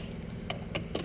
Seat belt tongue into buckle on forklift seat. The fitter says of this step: my seat belt locks in place securely